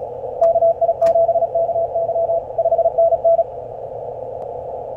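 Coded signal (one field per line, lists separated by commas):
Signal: Morse code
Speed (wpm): 38 wpm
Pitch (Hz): 670 Hz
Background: none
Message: KI7KY 5NN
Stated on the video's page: Morse from the CFT1 five-band radio.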